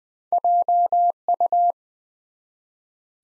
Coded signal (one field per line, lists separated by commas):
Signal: Morse code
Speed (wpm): 20 wpm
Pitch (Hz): 700 Hz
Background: none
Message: JU